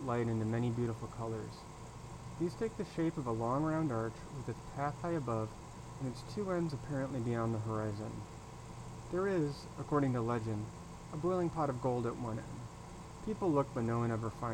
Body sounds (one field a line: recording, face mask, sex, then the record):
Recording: reading aloud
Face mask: surgical mask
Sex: male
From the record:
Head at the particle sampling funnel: turned sideways, cheek in front of it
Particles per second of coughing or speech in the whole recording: 0.365